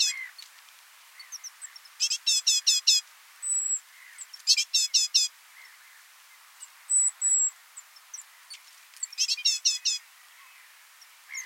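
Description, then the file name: Great tit calls: fast, scratchy bursts of four to six high notes repeat every few seconds, with a few thin high whistles heard in the gaps. "Parus major"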